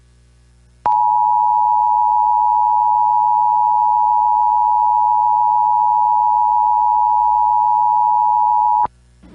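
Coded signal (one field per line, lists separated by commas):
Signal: Emergency Alert System (SAME) tones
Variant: 853 and 960 Hz attention tone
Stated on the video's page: Two Winter Storm Warnings relayed by an FM broadcast station.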